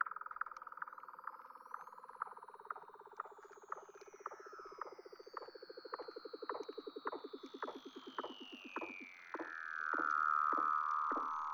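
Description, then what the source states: Weddell seal calls: a rhythmic pulsed trill with regular clicks, joined by a long high whistle that descends and swells loudly at the end. Recorded in Antarctica.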